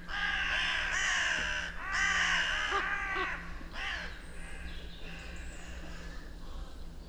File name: Corvus corone